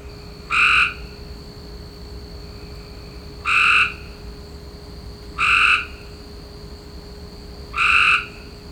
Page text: Maryland Biodiversity. Copes Gray Treefrog ( Hyla chrysoscelis )